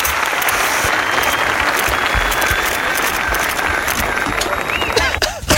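Loud, dense applause from many hands, a steady wash of rapid clapping that holds for several seconds with no talking over it.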